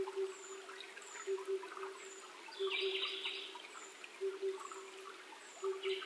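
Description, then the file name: Oriental cuckoo delivering soft, low paired hoots in a series, accompanied by high sliding whistles and a short buzzy burst from another bird. 28 May 2010 at 19:08. "tutudori-20100528-1908"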